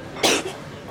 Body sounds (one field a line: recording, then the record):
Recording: coughing mixed with background sound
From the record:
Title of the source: 61 morning phlegmy cough...again